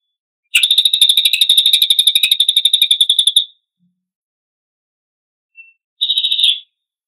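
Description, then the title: Lesser Racket-tailed Drongo song: one long rapid buzzy trill of about three seconds, followed after a pause by a brief matching burst of about half a second. Persistently singing bird used as a training (masteran) song for murai to copy; tembakan (shooting) style. "Masteran Burung Cililin Gacor Untuk Masteran Murai Suara Tembakan Cililin"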